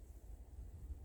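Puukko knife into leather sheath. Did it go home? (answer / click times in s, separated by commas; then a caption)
no / none. A puukko knife is handled near its leather sheath, with a low, steady rumble and no sharp transients across the 1.1-second clip. Nothing has seated or clicked yet; the knife has not snapped into the sheath.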